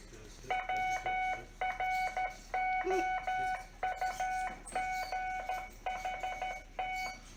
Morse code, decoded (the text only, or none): WROUGHT